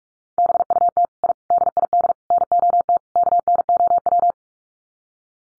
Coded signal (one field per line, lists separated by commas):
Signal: Morse code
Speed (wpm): 44 wpm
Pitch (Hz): 700 Hz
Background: none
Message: BUT I DID NOT KNOW